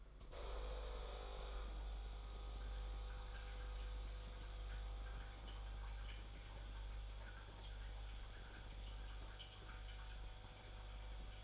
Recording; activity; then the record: daily activity, microphone in the room; make coffee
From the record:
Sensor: 5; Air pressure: 991.9 hPa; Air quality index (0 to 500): 165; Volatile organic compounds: 384 ppm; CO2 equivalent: 4644 ppm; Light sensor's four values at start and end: 32/108/40/43 and 32/108/40/43